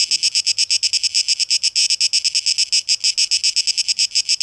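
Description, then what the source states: Cicada song, a high buzzy sound pulsing rapidly and steadily throughout, with a faint low rumble beneath. Recorded 12 August 2023.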